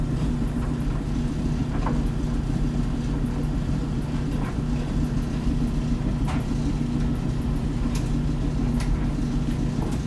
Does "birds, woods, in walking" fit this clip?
no